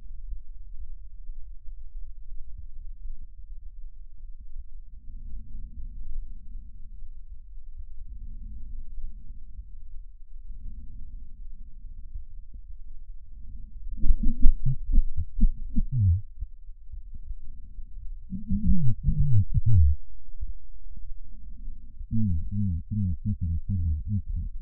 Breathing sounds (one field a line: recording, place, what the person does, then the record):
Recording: lung sounds by stethoscope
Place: right posterior apical chest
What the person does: quiet breathing, then cough and speech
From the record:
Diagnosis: none (healthy)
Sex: male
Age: 45 years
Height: 173 cm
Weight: 92 kg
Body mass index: 30.7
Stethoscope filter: bell mode